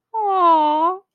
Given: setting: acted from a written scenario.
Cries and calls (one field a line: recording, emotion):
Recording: vocal sound without words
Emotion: adoration